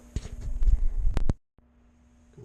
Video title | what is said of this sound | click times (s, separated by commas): IS YOUR FORD FOCUS 2.0 ZETEC OVERHEATING. MAYBE THIS WILL HELP. THERMOSTAT REPLACEMENT | can see I got the clamp locked into place right there. | 1.2 s, 1.3 s